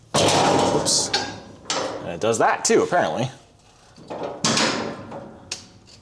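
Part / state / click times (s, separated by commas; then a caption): bent locking tab of a dump trailer door hold-open latch / partly seated / 4.4 s, 5.5 s. The rear door of a steel dump trailer is swung into its hold-open latch, whose locking tab was bent down by leverage, with loud metallic clanks and rattles at the start while someone talks. The latch catches with a sharp clank at 4.5 s and a short click at 5.5 s, but it only just clips in and is barely holding on.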